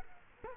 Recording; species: mosquito wingbeat signal from an infrared sensor; Culex quinquefasciatus